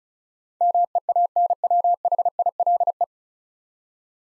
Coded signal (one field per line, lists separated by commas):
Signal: Morse code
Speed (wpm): 36 wpm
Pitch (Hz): 700 Hz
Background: none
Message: MEANWHILE